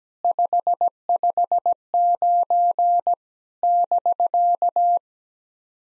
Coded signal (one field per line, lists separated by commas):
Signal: Morse code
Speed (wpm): 17 wpm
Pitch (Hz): 700 Hz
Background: none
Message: 559 <BK>